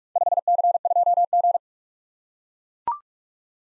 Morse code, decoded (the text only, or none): 5C2G